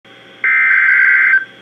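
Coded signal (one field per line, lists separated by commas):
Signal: Emergency Alert System (SAME) tones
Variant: header bursts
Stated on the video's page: Severe Thunderstorm Warning heard on NOAA Weather Radio station KEC56.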